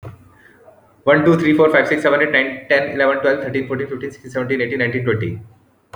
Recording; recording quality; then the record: counting at a fast pace; excellent, no background noise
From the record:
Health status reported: exposed to COVID-19, no respiratory illness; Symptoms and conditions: loss of smell and taste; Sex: male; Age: 33 years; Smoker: not ticked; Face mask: not worn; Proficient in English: yes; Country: India